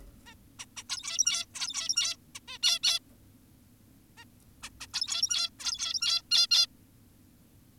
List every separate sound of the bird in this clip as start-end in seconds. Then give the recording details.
0.26-0.34, 0.59-0.66, 0.77-0.84, 0.90-1.46, 1.55-2.16, 2.35-2.40, 2.48-2.58, 2.63-2.80, 2.84-2.99, 4.18-4.24, 4.63-4.70, 4.81-4.87, 4.94-5.50, 5.60-6.22, 6.31-6.47, 6.51-6.67. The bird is an adult. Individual g17y2U